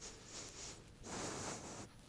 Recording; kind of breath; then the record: one breath in and out by a microphone near the nose and mouth; strong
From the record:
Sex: male